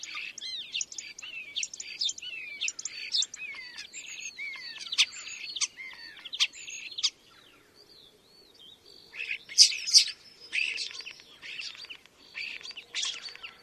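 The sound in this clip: A bird gives rapid high chirps and down-slurred whistles in a busy run, pauses briefly, then resumes with sharper, louder notes.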